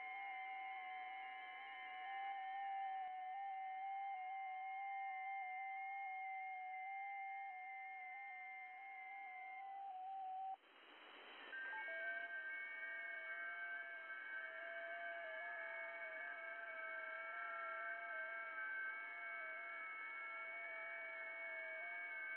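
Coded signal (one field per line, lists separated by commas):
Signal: FT8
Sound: several overlapping thin warbling tones stepping slowly in pitch, brief gap, then new tones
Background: radio static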